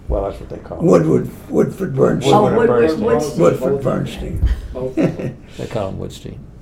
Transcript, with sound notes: Well, that’s what they called him.
Woodward, Woodford Bernstein.
Oh, Woodward Woodstein. [laughs]
Woodford Bernstein.
They called him Woodstein.